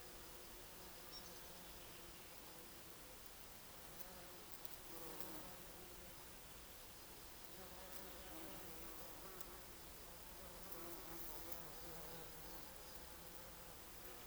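Bumblebees buzzing in a low, steady drone over a constant hiss.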